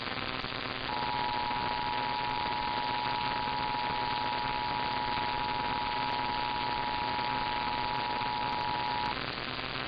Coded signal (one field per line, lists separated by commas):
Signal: Emergency Alert System (SAME) tones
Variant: 853 and 960 Hz attention tone